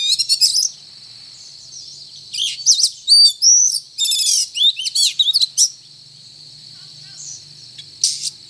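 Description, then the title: Oriental magpie-robin song of loud whistled phrases, buzzy trills and rising slurs, delivered in dense bursts with a quiet gap near the end, over a steady high hum. Described as gacor, singing vigorously. "Kacer Gacor"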